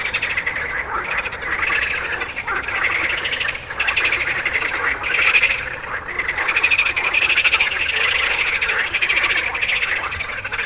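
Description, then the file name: Frogs in full chorus, ratcheting pulsed croaks that surge louder in bursts, especially midway, over a constant background of calls. "grenouilles"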